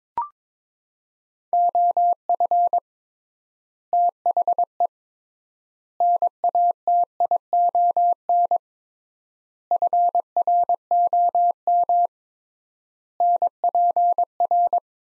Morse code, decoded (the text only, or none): OF THE NATION FROM NPR